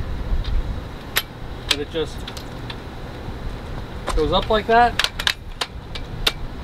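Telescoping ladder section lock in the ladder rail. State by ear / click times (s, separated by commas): seated / 6.3 s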